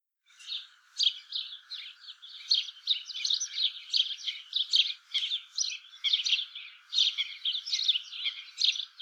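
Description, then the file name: House sparrow chirps, a rapid run of harsh cheeps in a steady chattering stream. "Passer domesticus"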